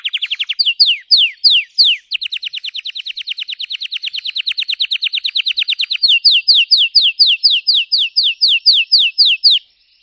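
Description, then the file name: Canary song: a few sharp descending whistled notes, then a long even rapid trill, then a steady series of downslurred notes repeated several times per second. Singing Belgian canary, red frosted colour variety. "canto do canario belga vermelho nevado"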